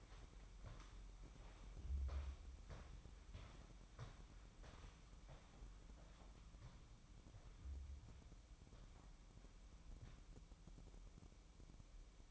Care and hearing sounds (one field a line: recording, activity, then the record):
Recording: daily activity, microphone in the room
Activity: walk to room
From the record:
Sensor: 1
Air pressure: 1008.2 hPa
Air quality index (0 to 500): 140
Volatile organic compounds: 2 ppm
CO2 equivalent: 1172 ppm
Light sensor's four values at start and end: 9/22/9/10 and 9/22/9/10